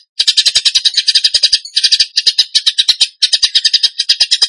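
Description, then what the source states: Bird song: fast stuttering chatter of sharp, high notes in bursts separated by short gaps. Masteran (training recording for songbirds) in the tembakan gacor song style.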